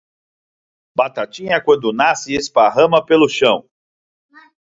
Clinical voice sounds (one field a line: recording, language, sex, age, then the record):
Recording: short text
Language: Brazilian Portuguese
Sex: male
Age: 40 to 49 years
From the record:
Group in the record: control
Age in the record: 45 years